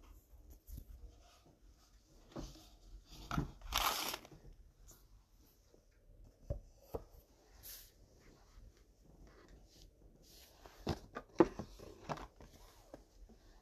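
A quiet morning routine of scattered small sounds: knocks, clicks and brief rustles come every second or so over near-silence. A louder hiss swells around the fourth second, and a quick cluster of sharp taps and thumps arrives near the eleventh. A low hum runs underneath.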